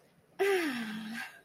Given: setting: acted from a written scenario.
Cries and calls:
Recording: vocal sound without words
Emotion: contentment

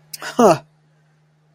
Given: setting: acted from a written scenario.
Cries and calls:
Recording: vocal sound without words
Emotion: contempt

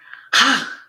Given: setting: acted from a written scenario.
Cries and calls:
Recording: vocal sound without words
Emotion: anger

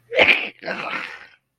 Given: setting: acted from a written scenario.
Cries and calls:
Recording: vocal sound without words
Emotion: disgust

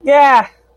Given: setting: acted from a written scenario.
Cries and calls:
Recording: vocal sound without words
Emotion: pride

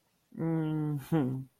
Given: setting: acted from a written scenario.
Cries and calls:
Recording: vocal sound without words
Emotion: shame

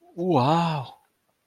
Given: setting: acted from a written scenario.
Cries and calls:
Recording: vocal sound without words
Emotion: awe

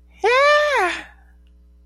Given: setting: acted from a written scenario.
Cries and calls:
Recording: vocal sound without words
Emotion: elation

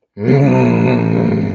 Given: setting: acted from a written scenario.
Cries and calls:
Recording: vocal sound without words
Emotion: anger

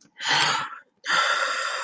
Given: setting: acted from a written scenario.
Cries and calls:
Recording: vocal sound without words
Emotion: sadness

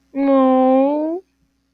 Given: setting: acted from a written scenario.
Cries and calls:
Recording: vocal sound without words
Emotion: sympathy

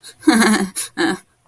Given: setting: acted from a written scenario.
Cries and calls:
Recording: vocal sound without words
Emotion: embarrassment

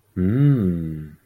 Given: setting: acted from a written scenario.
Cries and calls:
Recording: vocal sound without words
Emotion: awe

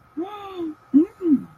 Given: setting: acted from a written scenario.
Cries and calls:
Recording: vocal sound without words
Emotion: interest

